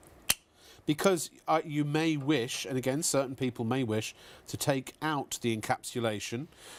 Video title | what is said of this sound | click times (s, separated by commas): ShopOnTV Live Stream | it's satisfying as well is it it's a really nice click | 0.3 s